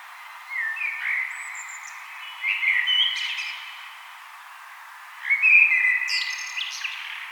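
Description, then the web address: Common blackbird delivering three separate mellow, flutey phrases a couple of seconds apart, each closing with a brief high-pitched chattering twitter. "vogelstimmen amsel gesang nabu lars lachmann"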